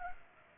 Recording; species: mosquito wingbeat signal from an infrared sensor; Culex pipiens